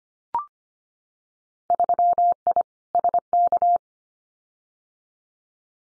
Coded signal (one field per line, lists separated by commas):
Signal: Morse code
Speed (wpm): 25 wpm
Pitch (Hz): 700 Hz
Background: none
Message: 3I SK